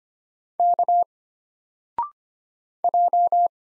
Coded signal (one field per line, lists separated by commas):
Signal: Morse code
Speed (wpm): 25 wpm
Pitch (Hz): 700 Hz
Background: none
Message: K J